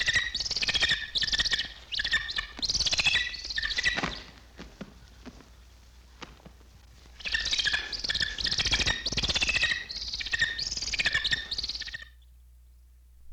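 Bats chirping, dense bursts of high squeaky chatter that come in waves, fading briefly in the middle before another busy stretch of rapid squeaks.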